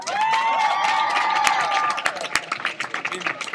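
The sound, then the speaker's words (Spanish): A crowd claps and cheers for a youth choir for a few seconds, a dense burst of handclaps under high, rising whoops and shouts. The cheering thins toward the end, leaving scattered claps. “Un altre aplaudiment al Joves Musicorum.”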